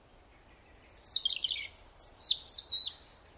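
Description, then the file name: European robin song: a very high thin whistle, then notes cascading downward in pitch, followed by another high, gently descending warble. "Erithacus rubecula"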